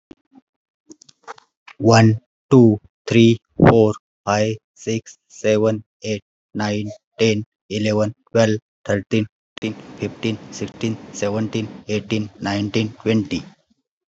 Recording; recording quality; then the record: counting at a normal pace; excellent, no background noise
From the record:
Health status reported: COVID-19 positive, no symptoms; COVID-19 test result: positive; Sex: male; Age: 44 years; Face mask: worn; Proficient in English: no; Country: India